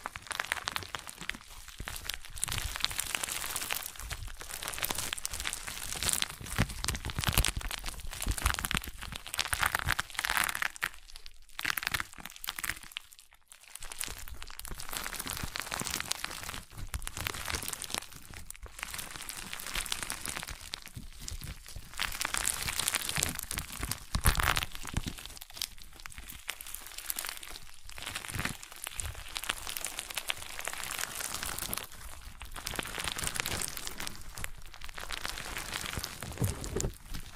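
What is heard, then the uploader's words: Crunchy slime and scratching make a dense, constant crackle of fast crinkling pops, with brief quieter gaps near 11 and 13 seconds. Crunchy Slime x Brain Scratching.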